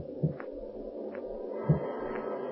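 Two dull, low thumps, about a second and a half apart, of an oak limb bumping on a roof, knocking against the steady rushing noise of a rising storm. Fainter soft bumps come and go in between.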